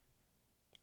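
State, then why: Seated. The metal link clasp of a black titanium Milanese Loop mesh band for an Apple Watch Ultra 2 is pushed into its receiving end. After a quiet stretch, a short, bright click sounds at 0.8 s (0.75 s) as the clasp seats and locks in so it won't come out.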